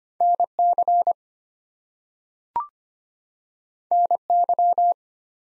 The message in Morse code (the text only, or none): NC NY